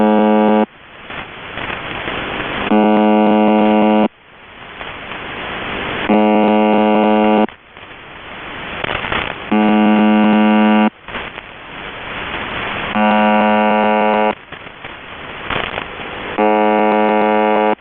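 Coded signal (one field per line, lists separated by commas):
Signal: channel marker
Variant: UVB-76 (The Buzzer)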